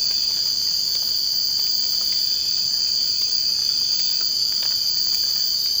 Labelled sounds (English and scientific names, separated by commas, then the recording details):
none
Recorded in secondary vegetation near Puerto Asís, Putumayo, Colombia, on 24 March 2025 at 03:00
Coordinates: 0.502, -76.326
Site G100